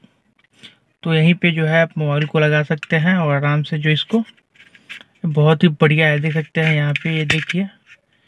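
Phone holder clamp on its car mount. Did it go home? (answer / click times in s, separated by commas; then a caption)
no / none. A phone holder clamp on its car mount is handled as it is pushed toward locking, while someone talks over it. A few faint ticks and scrapes are heard near the start and in a pause around 4.6 s. The clamp has not locked or clicked yet.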